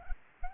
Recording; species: mosquito wingbeat signal from an infrared sensor; Anopheles gambiae